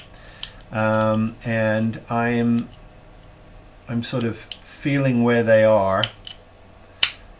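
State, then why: Seated. Two plastic halves of an AT-ST model kit are sandwiched together and pressed while someone talks and feels for the two locking pins. A sharp click at 7.0 s marks the pins locating, and the halves are seated in the correct location.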